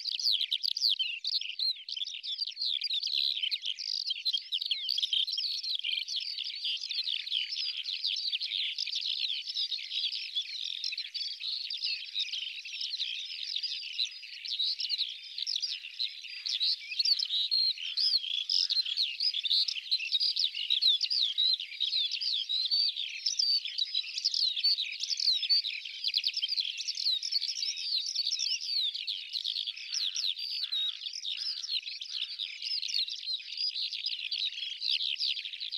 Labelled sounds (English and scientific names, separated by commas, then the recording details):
Black Lark (Melanocorypha yeltoniensis) song
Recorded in the wild
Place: Tengiz, KZ
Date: 2000-05-14
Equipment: MiniDisc Sharp MT 20 H
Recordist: Schwarz, Dieter
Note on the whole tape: Song